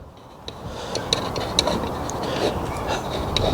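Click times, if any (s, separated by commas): none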